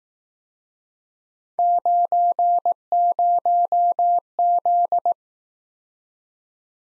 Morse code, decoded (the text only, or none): 90Z